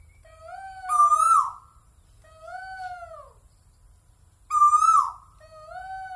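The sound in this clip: Bird calls: two loud, buzzy, arched notes with bright overtones, spaced between softer, long, gently falling paired whistles.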